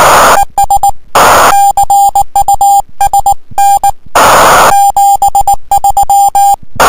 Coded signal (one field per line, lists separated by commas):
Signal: Morse code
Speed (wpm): 19 wpm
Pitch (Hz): 800 Hz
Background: music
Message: ES CUSN 73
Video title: 1426Z K3RA 18.093 CW 599 12-03-2011.